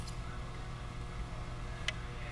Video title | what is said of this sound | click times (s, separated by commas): T4E .68Cal HDS Paintball Shotgun 16 Joule Upgrade - Tech Talk | you feel that little click right there i know i'm at the start of the thread then i can go ahead and tighten that up | 1.9 s